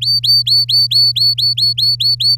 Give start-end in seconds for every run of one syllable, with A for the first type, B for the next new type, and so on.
0.01-2.36 A